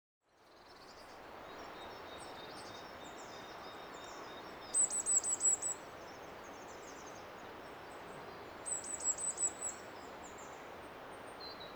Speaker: We've got the last clip of the blue tits coming up. And again, it's got all the elements of calls and chirrups and song.